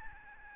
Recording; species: mosquito wingbeat signal from an infrared sensor; Aedes albopictus